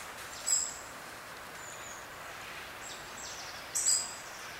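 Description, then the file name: European robin calling twice, brief sharp high-pitched notes about three seconds apart, with soft background noise between them. "Erithacus rubecula"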